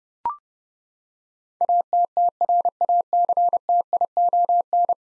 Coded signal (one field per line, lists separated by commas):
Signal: Morse code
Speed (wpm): 30 wpm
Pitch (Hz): 700 Hz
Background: none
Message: ATTRACTION